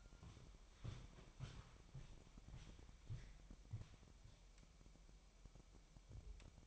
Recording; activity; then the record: daily activity, microphone in the room; walk to room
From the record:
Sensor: 1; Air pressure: 1002.0 hPa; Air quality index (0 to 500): 247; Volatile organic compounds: 52 ppm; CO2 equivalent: 3318 ppm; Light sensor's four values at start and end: 6/14/6/6 and 6/15/6/7